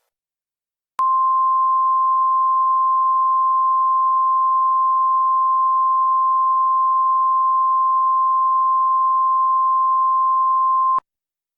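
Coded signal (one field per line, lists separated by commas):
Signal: Emergency Alert System (SAME) tones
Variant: 1050 Hz attention tone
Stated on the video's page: Fictional Halloween EAS scenario, produced with Audacity and Sitepal/Balabolka.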